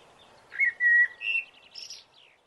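Blackbird song phrase: rich, flute-like whistles, one held steady, then a higher note and a soft, high squeaky flourish at the end.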